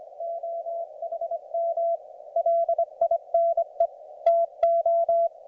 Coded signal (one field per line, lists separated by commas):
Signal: Morse code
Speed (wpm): 25 wpm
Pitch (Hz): 690 Hz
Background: none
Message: OHM LINE TO